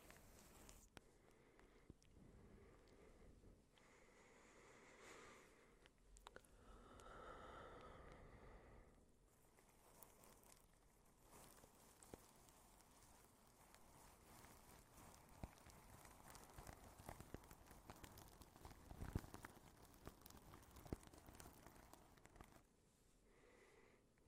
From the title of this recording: soft crinkles and whispering - plastic wrap